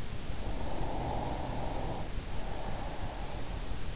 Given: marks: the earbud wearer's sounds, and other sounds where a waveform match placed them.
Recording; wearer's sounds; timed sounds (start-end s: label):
sounds in sleep by an in-ear microphone; breath
0.22-3.91 s: breath